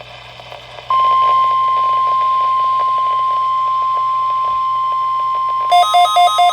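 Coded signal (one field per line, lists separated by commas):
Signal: Emergency Alert System (SAME) tones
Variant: 1050 Hz attention tone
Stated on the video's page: SAME tones from required weekly tests on two NOAA weather radio stations.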